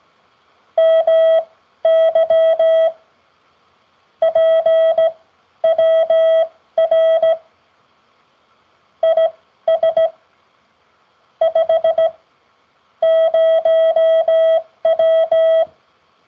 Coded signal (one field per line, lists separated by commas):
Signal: Morse code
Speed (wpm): 16 wpm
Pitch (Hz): 650 Hz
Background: none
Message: MY PWR IS 50W